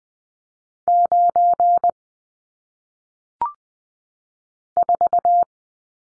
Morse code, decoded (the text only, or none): 9 4